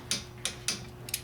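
A brake caliper bracket bolt is tightened into the steering knuckle with a click-type torque wrench set to 31 ft-lbs. Sharp metallic ratcheting strokes are heard near 0.1 s, 0.5 s and 0.7 s, then the wrench's torque click comes at 1.1 s, confirming the bolt is torqued.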